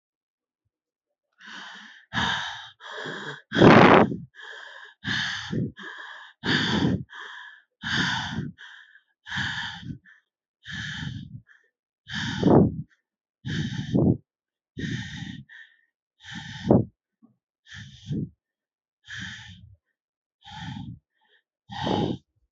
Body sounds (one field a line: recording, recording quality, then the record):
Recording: shallow breathing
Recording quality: excellent, no background noise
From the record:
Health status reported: healthy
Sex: male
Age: 31 years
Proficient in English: yes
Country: India